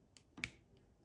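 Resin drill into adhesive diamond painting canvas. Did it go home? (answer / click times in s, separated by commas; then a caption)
yes / 0.2 s, 0.4 s. Resin diamond painting drills are pressed into an adhesive diamond painting canvas, giving small, sharp snaps at about 0.2, 0.4 and 0.4 seconds, the last being the loudest. The drills snap in and are seated.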